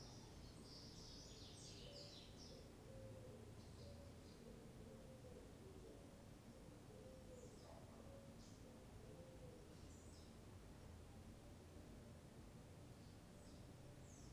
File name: Ambiente dentro de banheiro em chacara pombo passaros tarde